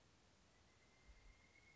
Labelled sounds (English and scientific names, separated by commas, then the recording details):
Pileated Woodpecker (Dryocopus pileatus)
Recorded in Sonoma County, California